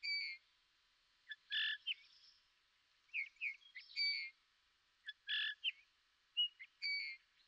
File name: Pyrrhula pyrrhula